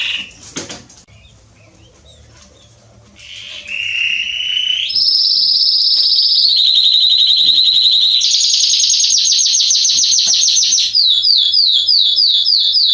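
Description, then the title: Canary song: a short burst, a quiet pause, then long unbroken rolling trills that step between higher and lower pitches, ending in rapid repeated downward-swept notes. Male singing a lot, used to warm up and train young canaries. "Canary Training Esquente Seu Filhote E Canario Belga Macho Cantando Muito. CANTO DO CANRIO"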